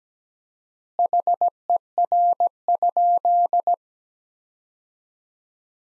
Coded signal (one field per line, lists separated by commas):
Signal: Morse code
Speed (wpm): 17 wpm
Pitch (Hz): 700 Hz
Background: none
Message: HER?